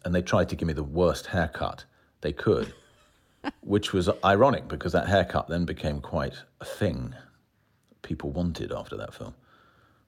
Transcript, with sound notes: And they tried to give me the worst haircut they could...
(Laughter).
...Which was ironic because that haircut then became quite a thing people wanted after that film.